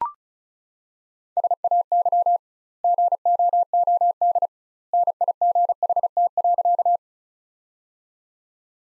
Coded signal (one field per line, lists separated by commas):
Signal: Morse code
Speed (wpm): 34 wpm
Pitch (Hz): 700 Hz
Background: none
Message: SAY GOOD NIGHT.